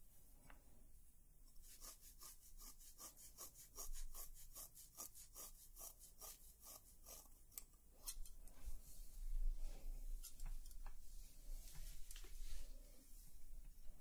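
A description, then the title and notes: Scissors snip through hair in a quick, even run of crisp, bright cuts, about three per second from roughly 2 to 8 seconds, then become sparser and more irregular. A soft low rumble and brushing, rubbing sounds swell underneath, loudest around 9 to 10 seconds. ASMR Relaxing Haircut Roleplay (Layered Sounds & Real Hair Cutting).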